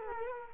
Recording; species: mosquito wingbeat signal from an infrared sensor; Culex quinquefasciatus